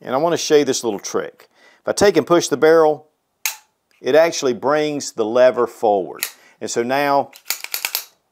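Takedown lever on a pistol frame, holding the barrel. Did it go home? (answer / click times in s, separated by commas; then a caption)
yes / 7.7 s. On a Beretta Model 80X Cheetah pistol being reassembled, pushing the barrel brings the takedown lever forward, and the lever, which holds the barrel on the frame, is then pushed into its engaged position. Someone talks, a single sharp click sounds at about 3.5 seconds, and then a short series of metallic clicks from about 7.6 to 8.0 seconds ends with the lever seating at 7.7 seconds. The lever is engaged, and if it won't go, the barrel is not seated correctly.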